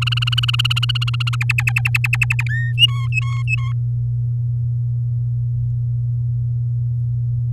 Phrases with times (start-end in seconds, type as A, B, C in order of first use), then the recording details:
0.01-1.36 A, 1.41-2.43 B, 2.49-2.73 C, 2.78-3.72 D. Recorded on 10 May 2018 at 15:52. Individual llb16